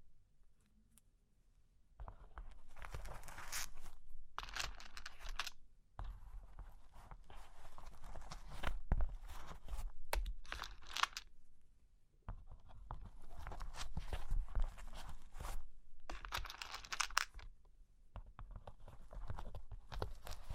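Scratching and tracing over cork and wood come in long rough passes, with short sharp taps scattered through them. The rasping strokes run from about 2 to 5.5 seconds, 6 to 12, and 12.5 to the end, separated by brief silences.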